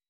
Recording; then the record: hydrophone in a shrimp aquaculture tank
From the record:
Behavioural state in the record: weakened